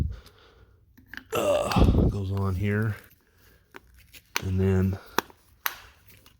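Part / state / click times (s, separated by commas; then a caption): power antenna component onto antenna mast/housing / seated / 5.2 s, 5.7 s. A part of the power antenna assembly on a 1979 Lincoln Continental is pressed by hand onto the antenna mast and housing while someone talks. Two sharp snaps ring out at 5.2 s and 5.7 s as the part clicks into place, though it may still need a light tap to fully seat.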